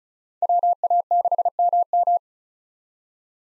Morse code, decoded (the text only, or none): WA6MM